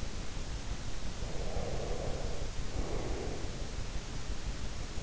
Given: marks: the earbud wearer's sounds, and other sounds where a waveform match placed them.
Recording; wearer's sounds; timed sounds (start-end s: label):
sounds in sleep by an in-ear microphone; breath
1.17-3.72 s: breath